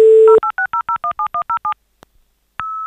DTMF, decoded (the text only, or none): 0860017107